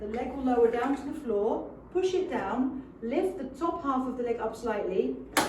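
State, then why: Not seated. A woman talks while handling the support leg of a Britax-Römer Swivel 2 convertible car seat base: the lower half of the leg is lowered to the floor and pushed down, and the top half is lifted slightly. No click is heard; the leg has not yet clicked into position.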